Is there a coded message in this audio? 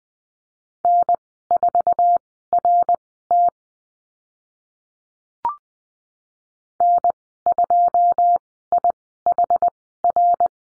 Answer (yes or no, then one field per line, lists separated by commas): yes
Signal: Morse code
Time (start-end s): 0.8-10.5 s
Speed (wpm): 20 wpm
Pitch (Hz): 700 Hz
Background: none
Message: N4RT N2IHR